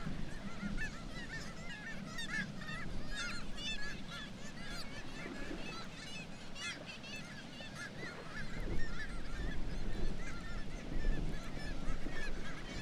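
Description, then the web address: Black-legged kittiwakes, a dense chorus of nasal, arching calls from many birds, overlapping continuously above a constant low roar. "sound Black-legged-kittiwake. صدای-پرنده-کاکایی-پاسیاه"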